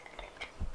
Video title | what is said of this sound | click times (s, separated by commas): Oxa Smart 4 -1 Immersion Hand Blender Set Unboxing And Review | it is saying it locked in and so now you have the whisk that you can do you | 0.1 s, 0.2 s